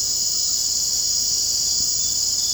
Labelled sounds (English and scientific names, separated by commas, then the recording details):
none
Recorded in secondary vegetation near Puerto Asís, Putumayo, Colombia, on 19 February 2024 at 01:00
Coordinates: 0.489, -76.322
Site G6419